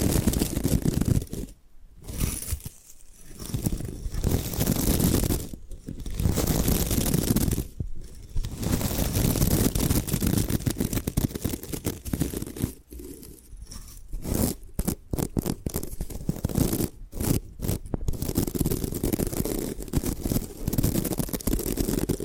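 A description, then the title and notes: Bamboo is scratched and brushed in dense, rough strokes, with short silent gaps breaking the noisy texture every second or two. Bamboo Tapping, Scratching and Brushing Sounds.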